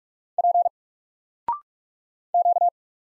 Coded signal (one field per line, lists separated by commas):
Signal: Morse code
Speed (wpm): 44 wpm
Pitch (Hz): 700 Hz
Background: none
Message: P Q